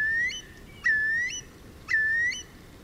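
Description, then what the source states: Eurasian curlew calling: clear, drawn-out whistled notes, each slightly rising at the end, three, about once a second. A curlew family living on Lough Corrib in Ireland, probably returning for decades; the call is plaintive, delicate and fluting, building on itself and growing louder.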